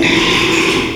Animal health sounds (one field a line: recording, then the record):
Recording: squeal of a Yucatan mini pig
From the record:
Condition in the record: after surgery on the right vocal fold (resection and tissue-engineered implant)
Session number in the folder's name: 1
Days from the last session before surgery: 6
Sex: male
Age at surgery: 12 weeks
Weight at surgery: 13 kg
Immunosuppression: cyclosporine, prednisolone